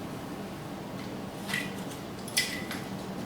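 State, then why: Seated. A folding saw's blade is flipped around, hooked on the bottom and folded into the handle over low background hiss, with a brief scrape near 1.5 s. A sharp click at 2.4 s marks the blade locking in place, followed by a softer knock at 2.7 s.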